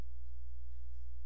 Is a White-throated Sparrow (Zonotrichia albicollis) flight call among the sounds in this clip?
no